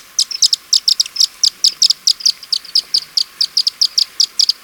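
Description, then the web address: Andean tit-spinetail giving a rapid series of sharp, high chipping notes, roughly five per second, steady in pitch and continuing throughout without pause. Recorded in Ecuador. "Birds of Ecuador. Andean Tit-Spinetail"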